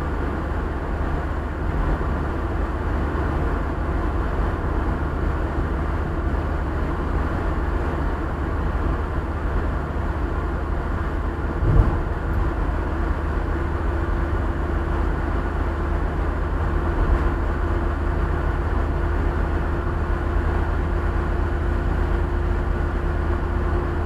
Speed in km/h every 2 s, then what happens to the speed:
74, 73, 73, 74, 74, 74, 74, 76, 76, 76, 77, 77.
0-24 steady at about 74.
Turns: none.